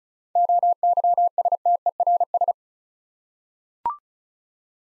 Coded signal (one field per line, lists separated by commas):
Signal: Morse code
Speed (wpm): 36 wpm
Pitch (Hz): 700 Hz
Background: none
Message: OYSTERS